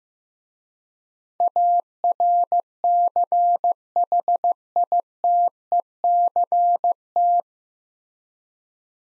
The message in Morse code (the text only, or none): ARCHITECT